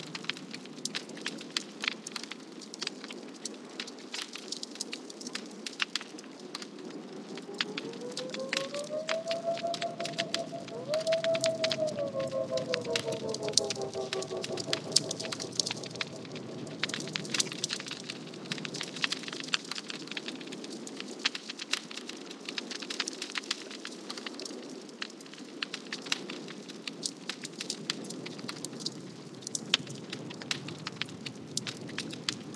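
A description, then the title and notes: A crackling fire snaps and pops steadily over a low murmuring drone, with a soft wavering hoot-like tone drifting through midway. Campfire ambience with the twin peaks vibe. Bass, owls and a crackling fire keeping the dark at bay.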